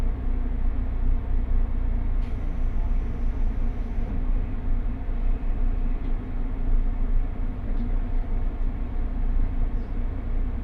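Inside the limited express Huis Ten Bosch train, a steady low rumble and drone of the moving carriage fills the whole clip, thick and unchanging. A thin high whine appears from about two to four seconds, with a few faint clicks later.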